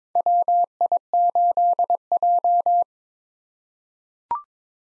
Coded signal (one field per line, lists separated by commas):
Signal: Morse code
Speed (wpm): 21 wpm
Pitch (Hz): 700 Hz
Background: none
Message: WI8J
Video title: 2023 SOTA Chaser Call Signs - 22wpm